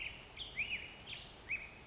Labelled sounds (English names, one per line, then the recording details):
Black-headed Grosbeak
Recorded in Sonoma County, California